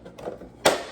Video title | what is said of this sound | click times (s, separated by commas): Traxxas Rustler Ultimate 3s Truggy: Unboxing, 1st run & Review #traxxasrc #traxxasracing #rc #ny | There you go, see, you heard it click. | 0.7 s